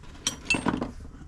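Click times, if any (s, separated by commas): 0.3 s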